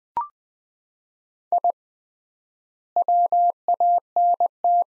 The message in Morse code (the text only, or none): I WANT